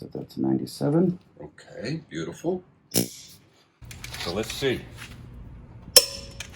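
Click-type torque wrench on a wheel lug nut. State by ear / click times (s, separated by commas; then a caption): torque reached / 6.0 s. A click-type torque wrench is used to torque-check a wheel lug nut while someone talks. After some low rustling and handling noise, the wrench gives a sharp click at 6.0 s, confirming that lug nut is okay.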